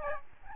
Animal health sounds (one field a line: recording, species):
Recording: mosquito wingbeat signal from an infrared sensor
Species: Aedes albopictus